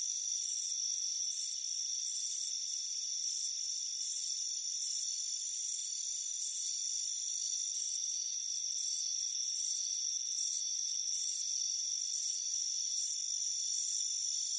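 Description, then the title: Crickets chirping in short, bright, high-pitched bursts repeated a little more than once a second over a steady shrill insect hum. "Soothing Crickets Chirping Sound"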